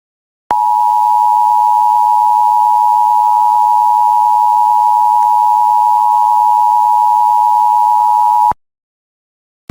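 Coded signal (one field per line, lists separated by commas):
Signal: Emergency Alert System (SAME) tones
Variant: 853 and 960 Hz attention tone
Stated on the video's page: State of Georgia Required Monthly Test carried live on a livestream of television station WUPA.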